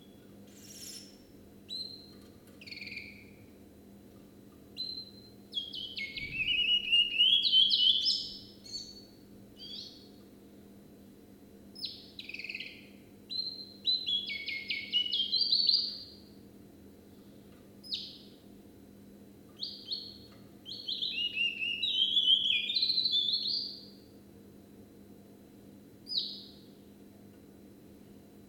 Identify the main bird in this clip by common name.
Willow Warbler